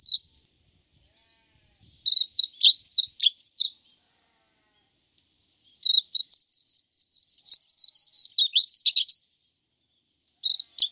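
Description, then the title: White-eye song in separate bursts of quick, high jumbled twittering with quiet pauses between. "Suara burung pleci"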